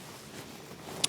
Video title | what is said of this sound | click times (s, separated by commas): NEW Freewell K2 Filter System, True Colour VND CPL Grad and more. | and then you lock it into place | 1.1 s